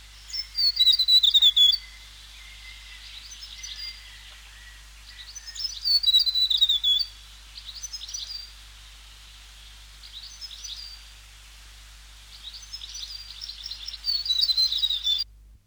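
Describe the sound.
South Island tomtit singing three high, fast descending phrases, with softer chirps in between.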